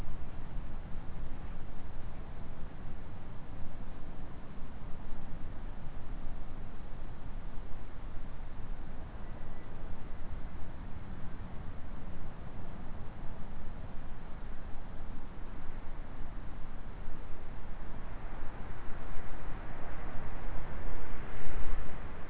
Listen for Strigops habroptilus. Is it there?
no